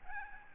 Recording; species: mosquito wingbeat signal from an infrared sensor; Aedes albopictus